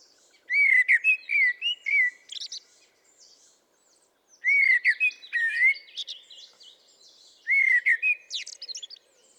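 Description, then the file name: Common blackbird singing three separate phrases, each a rich, low fluty warble followed by thin, high, scratchy twitters, with short pauses between phrases. "Turdus merula"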